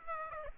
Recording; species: mosquito wingbeat signal from an infrared sensor; Aedes aegypti